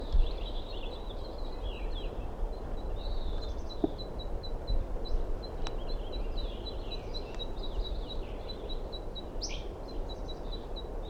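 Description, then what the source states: Red Crossbill calls: short high notes ticking steadily throughout, mixed with scattered chirps and downslurred notes, over a constant low background rumble. Type 2 male, heard around 8:14 to 8:16, possibly approaching; among ponderosa pines near a nest tree.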